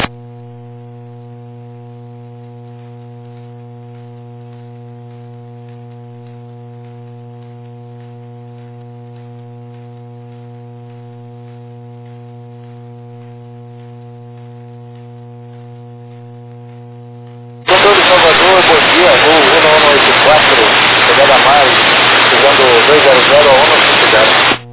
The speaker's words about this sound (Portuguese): Ali decola, ouça.